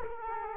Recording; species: mosquito wingbeat signal from an infrared sensor; Culex quinquefasciatus